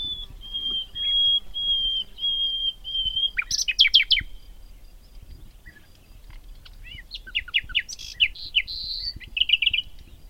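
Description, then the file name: Common nightingale singing: a series of pure, level whistled notes, then rapid, loud, clicking trills and varied phrases that rise and fall, with a quiet low rumble beneath. "Luscinia megarhynchos"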